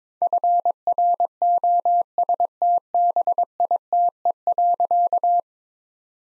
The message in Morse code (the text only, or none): FROSTBITE.